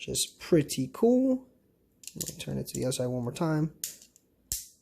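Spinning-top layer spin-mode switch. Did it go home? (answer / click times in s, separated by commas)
yes / 4.5 s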